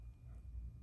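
A mascara wand cap is handled against its plastic tube, pushed or screwed on so the click of it closing can be heard. Only faint handling noise over a low background rumble fills the clip. Nothing has clicked or seated yet; the cap is not yet closed.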